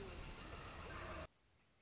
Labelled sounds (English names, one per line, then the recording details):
Northern Flicker
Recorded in Sonoma County, California